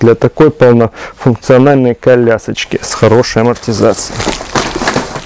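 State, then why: Seated. Someone talks while unfolding the aluminium frame of a Baby Design Clever demi-season stroller, pushing it open until the frame lock on the chassis latches. Two sharp clicks are heard at 4.6 s and 4.9 s, and the folding frame lock is seated; the frame must be opened until it clicks.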